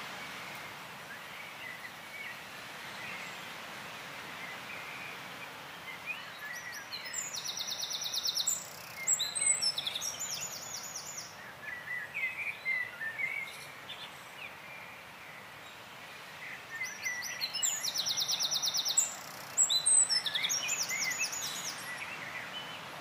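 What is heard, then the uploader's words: A gentle summer breeze makes a soft, steady hush that runs through the whole recording. Birds chirp lightly throughout, and two bursts of bright, rapid trilling song rise above it, around six to ten seconds and again from about seventeen to twenty-one. Gentle Summer Breeze.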